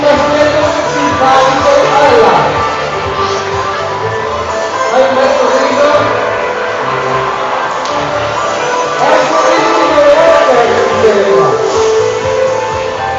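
Chaotic crowd noise in a shopping centre during a soap-bubble workshop, with many voices overlapping in a dense, steady din. Children's high calls and shouts rise and fall throughout, with busier bursts around two, six and ten seconds.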